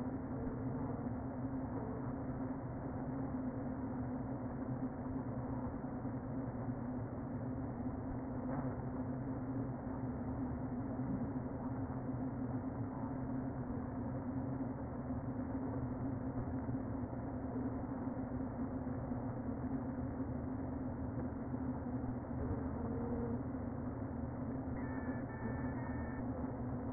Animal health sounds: honeybee colony, microphone inside the hive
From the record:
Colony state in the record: queen present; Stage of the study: before two queens were removed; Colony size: about 60,000 bees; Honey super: yes

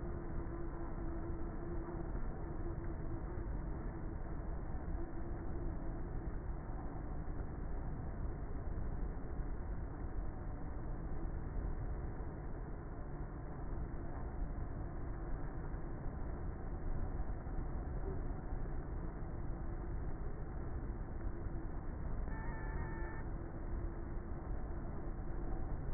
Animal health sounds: honeybee colony, microphone inside the hive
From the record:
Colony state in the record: queenless with a low population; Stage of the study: before two queens were removed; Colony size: about 30,000 bees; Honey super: no

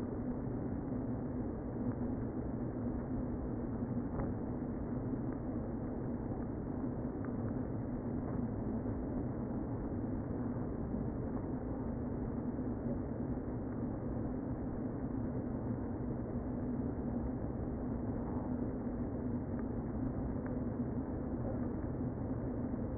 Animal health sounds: honeybee colony, microphone inside the hive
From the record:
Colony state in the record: queen present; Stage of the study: before two queens were removed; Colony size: about 60,000 bees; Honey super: yes

